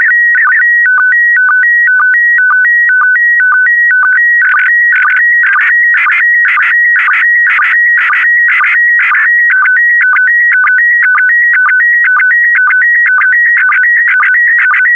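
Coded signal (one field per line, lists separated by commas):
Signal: SSTV (slow-scan television)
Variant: PD120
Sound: warbling steady tones switching between two pitches, short low blip about twice a second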